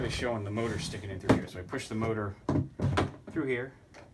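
Someone talks while pushing the electric motor of a KidTrax TMNT Party Wagon children's ride-on car through its plastic gearbox housing mount. One loud, sharp hit sounds at about 3.0 s. The motor is handled but has not seated or clicked into place yet.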